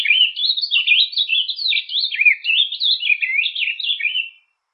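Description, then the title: Bird singing a continuous warbling song of rapid varied twittering and chirping notes for about four seconds, then stopping. "LuckyPassaros CompletosSama"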